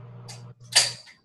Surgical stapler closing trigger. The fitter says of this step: you're gonna close that till it clicks with the first light gray trigger okay